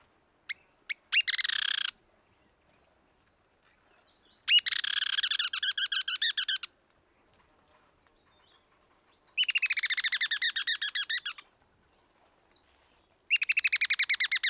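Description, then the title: Black-crested Tit-Tyrant calls: a few sharp ticks, then four bouts of fast rattling trill of high, buzzy notes, each one to two seconds long, over a silent background. "Black-crested Tit-Tyrant (Anairetes nigrocristatus)"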